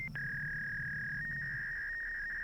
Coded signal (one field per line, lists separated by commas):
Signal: fax machine handshake